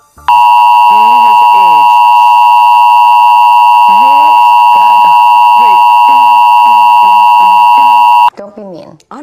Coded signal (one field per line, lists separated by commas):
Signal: Emergency Alert System (SAME) tones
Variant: 853 and 960 Hz attention tone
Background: speech